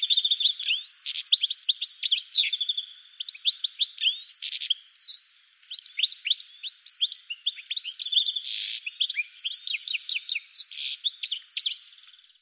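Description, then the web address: Bird song, a continuous, highly varied stream of rapid chirps, upswept whistles and short trills, broken by a few harsh buzzy bursts. "cianscape birddata"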